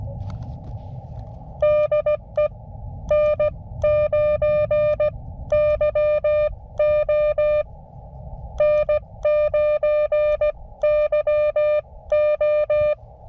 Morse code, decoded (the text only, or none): DE N9YO N9YO